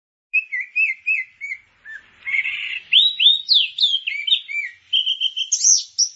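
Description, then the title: Grey-cheeked bulbul song: short repeated downslurred whistles, a brief buzzy burst, then rising varied notes climbing higher toward the end. "Kicau Burung Cucak Jenggot"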